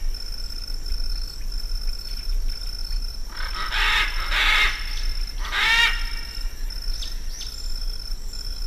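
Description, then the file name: Macaw giving two loud, grating squawks in the middle over a steady high whine and low rumble. "canto del guacamayo militar"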